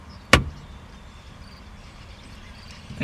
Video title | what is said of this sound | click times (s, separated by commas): Ignition Switch Replacement - Honda Accord LX 1997 | you just heard that click in there, that was that circle going in the shaft. | 0.3 s